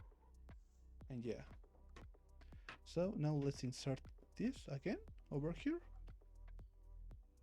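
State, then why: Not seated. Someone talks over background music while handling a Joy-Con game controller, sliding it back into its 3D-printed holder rail, with faint taps near 2.0 and 2.7 seconds. The clip ends before the controller goes home, and nothing has seated or clicked yet.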